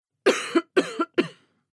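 Three coughs in quick succession from an adult.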